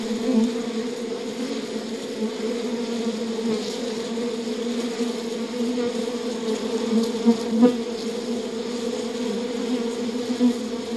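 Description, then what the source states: Honey bees in a steady, low droning hum with layered tones and small flickers of louder buzzing. Bees working inside an opened hive.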